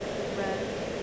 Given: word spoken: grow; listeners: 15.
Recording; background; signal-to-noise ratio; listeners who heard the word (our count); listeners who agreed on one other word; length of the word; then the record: one English word in noise, from a listening test; speech-shaped noise; -6.2 dB; 1 of 15; 8 of 15; 0.63 s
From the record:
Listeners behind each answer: 8, 3, 1, 1, 1, 1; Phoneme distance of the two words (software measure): 14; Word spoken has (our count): 1 syllable, 3 phonemes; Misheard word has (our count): 1 syllable, 3 phonemes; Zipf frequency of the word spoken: 4.93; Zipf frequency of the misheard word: 5.28